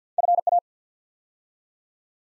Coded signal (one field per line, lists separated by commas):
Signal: Morse code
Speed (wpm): 50 wpm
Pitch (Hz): 700 Hz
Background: none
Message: FA